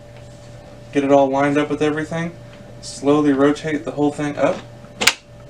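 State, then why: Seated. Someone talks while a new plastic waste toner container is set in by its bottom end, lined up, and slowly rotated up into a Dell S2825 laser printer. Two sharp clicks are heard at 5.0 and 5.1 seconds as the container seats in place.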